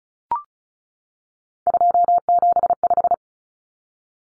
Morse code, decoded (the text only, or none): 275